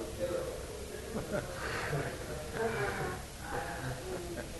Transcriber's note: laughs